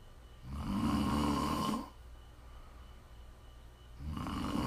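Two long, loud, rumbling snores with a low vibrating buzz, separated by about two seconds of quiet exhalation. It is ordinary snoring from an adult sleeper, offered as ASMR for relaxing or falling asleep.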